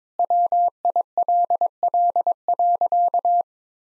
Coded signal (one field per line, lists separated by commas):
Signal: Morse code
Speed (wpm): 22 wpm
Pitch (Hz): 700 Hz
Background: none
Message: WILL.